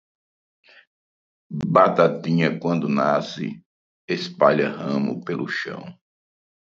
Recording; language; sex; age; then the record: short text; Brazilian Portuguese; male; 50 to 59 years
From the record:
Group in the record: control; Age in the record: 58 years